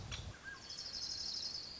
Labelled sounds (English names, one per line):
Orange-crowned Warbler